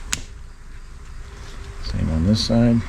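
A greased metal slide pin is pushed back into the rear brake caliper bracket and its rubber boot on a 2021 Ford Ranger 4X4, seating with a single sharp click at 0.1 seconds. Quiet background noise follows, then someone talks toward the end.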